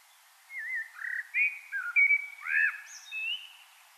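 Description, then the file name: Common blackbird delivering one melodious whistled phrase of several rolling fluty notes, with a thin high squeak near the end; faint background hiss. "Turdus merula"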